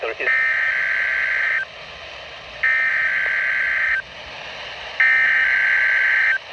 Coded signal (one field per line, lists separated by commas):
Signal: Emergency Alert System (SAME) tones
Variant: header bursts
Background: speech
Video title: (EAS#169) Required Weekly Test